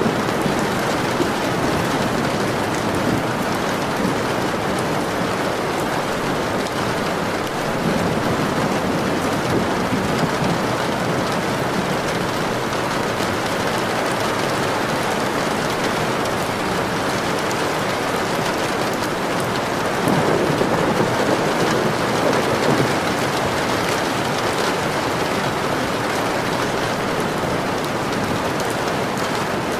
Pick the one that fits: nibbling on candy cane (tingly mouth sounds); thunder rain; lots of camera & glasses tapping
thunder rain